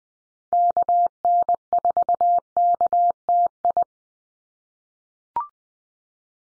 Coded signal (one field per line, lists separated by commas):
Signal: Morse code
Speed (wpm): 20 wpm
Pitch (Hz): 700 Hz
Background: none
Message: KN4KTI